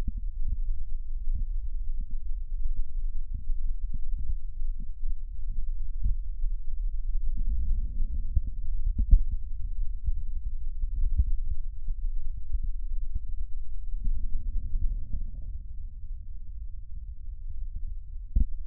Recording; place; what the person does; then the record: lung sounds by stethoscope; right posterior basal chest; quiet breathing, then deep breathing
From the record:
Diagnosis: interstitial lung disease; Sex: female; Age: 65 years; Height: 156 cm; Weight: 66.8 kg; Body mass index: 27.4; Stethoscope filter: bell mode